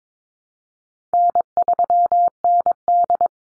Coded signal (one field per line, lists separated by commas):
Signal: Morse code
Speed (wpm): 22 wpm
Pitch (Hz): 700 Hz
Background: none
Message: N3ND